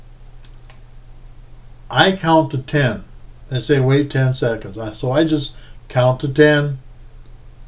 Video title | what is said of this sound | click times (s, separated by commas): WEGOVY FOR VETERANS WEEK 1 | You'll hear a click and then you'll have second click. | 0.4 s, 0.7 s